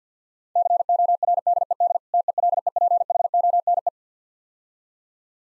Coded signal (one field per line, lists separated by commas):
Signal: Morse code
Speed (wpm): 50 wpm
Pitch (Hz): 700 Hz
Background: none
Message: CORDED TELEPHONE